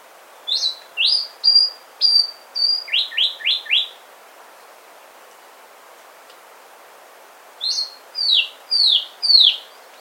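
White-rimmed brush finch song: a high, thin series of sharp whistled notes, a phrase of about eight notes, then a pause and another phrase of four notes.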